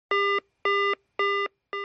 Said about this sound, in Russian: Телефон как звонит.